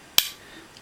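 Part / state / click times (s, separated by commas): aluminium tripod leg into its hinge angle lock on the tripod spider / seated / 0.2 s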